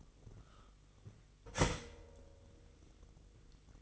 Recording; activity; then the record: daily activity, microphone in the room; start toaster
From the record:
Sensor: 4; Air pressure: 1002.9 hPa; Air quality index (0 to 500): 236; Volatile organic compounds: 17 ppm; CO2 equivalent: 2565 ppm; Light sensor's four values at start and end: 22/75/27/28 and 19/66/24/24